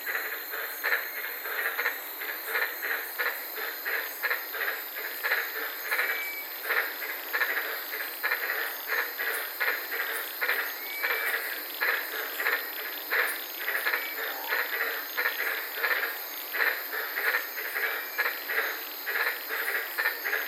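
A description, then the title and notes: White-lipped frogs call in a dense, steady chorus of rapid, bright pulses, with a thin high insect hiss throughout and no low sounds. I was sitting in my car in the Daintree rainforest in Queensland this night and fell asleep listening to these amazing White lipped frogs.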